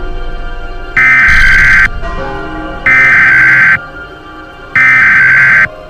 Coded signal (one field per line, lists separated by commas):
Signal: Emergency Alert System (SAME) tones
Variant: header bursts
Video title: The Final Hours: (Majora's Mask Mini EAS Scenario) 1 year anniversary!